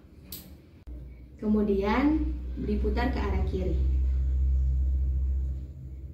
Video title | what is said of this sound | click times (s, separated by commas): Konseling Penggunaan Obat Turbuhaler dengan Apoteker | dibuka alatnya diputar kearah kanan sampai terdengar bunyi klik kemudian | 0.3 s